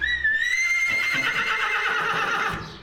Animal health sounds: contact call of a hoofed animal; horse; whinny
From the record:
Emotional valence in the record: negative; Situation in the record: group separation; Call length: 2.8 s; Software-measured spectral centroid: 2650 Hz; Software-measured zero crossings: 3780 a second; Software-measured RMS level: -24 dBFS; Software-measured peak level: -11 dBFS

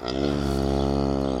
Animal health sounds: contact call of a hoofed animal; cattle; low-frequency (closed-mouth) or high-frequency (open-mouth) call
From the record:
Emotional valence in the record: negative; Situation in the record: full separation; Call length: 1.41 s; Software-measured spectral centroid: 1980 Hz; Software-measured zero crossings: 1130 a second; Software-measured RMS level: -24 dBFS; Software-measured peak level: -11 dBFS

